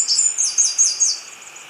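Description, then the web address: Tricolored brush-finch giving a brief burst of high, thin notes that slur downward and repeat quickly, about five in a row. Ecuador. "Birds of Ecuador Tricolored Brush-Finch"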